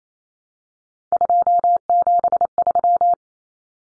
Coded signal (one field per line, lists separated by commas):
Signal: Morse code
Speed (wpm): 28 wpm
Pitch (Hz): 700 Hz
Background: none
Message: 273